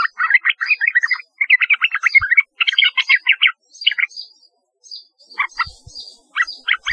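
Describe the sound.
Yellow-vented bulbul: dense, rapid bubbling chatter in long runs, then a brief pause and scattered phrases, with high chirps.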